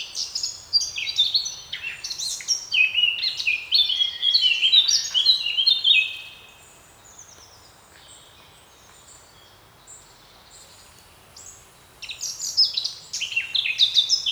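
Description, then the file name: Eurasian blackcap song: a long burst of hurried, varied warbling, a quiet pause, then another lively warbled phrase near the end. "Sylvia atricapilla"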